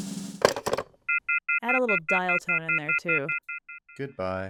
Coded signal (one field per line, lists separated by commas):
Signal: telephone call progress tone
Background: speech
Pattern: off-hook warning tone